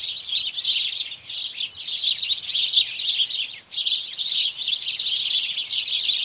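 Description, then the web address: House sparrows in chorus giving constant overlapping chirps, with a short lull before the chatter resumes just as densely. Morning chorus of house sparrows. "BBC Sparrows"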